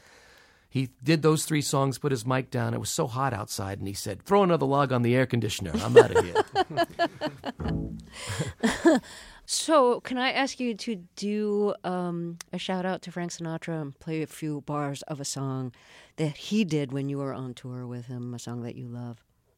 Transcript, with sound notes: And he did those three songs, put his mic down. It was so hot outside, and he said: Throw another log on the air conditioner. I'm out of here.
(LAUGHTER)
So can I ask you to do a shout-out to Frank Sinatra and play a few bars of song that he did when you were on tour with him, a song that you love?